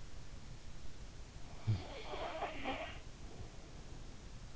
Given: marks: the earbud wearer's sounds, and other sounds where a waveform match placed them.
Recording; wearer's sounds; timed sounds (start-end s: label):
sounds in sleep by an in-ear microphone; snoring breath
1.37-3.19 s: snoring breath